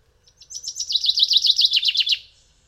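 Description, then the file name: Common chaffinch song: a rapid run of bright notes that descends over about two seconds and ends in a quick flourish. "Fringilla coelebs"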